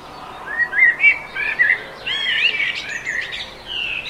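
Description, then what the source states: Birds in chorus at daybreak: clear whistled notes, chirps and rapid warbles follow one another almost without a break. Dawn chorus.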